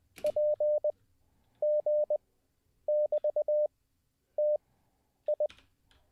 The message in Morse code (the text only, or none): PG<BT>TI